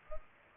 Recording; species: mosquito wingbeat signal from an infrared sensor; Culex pipiens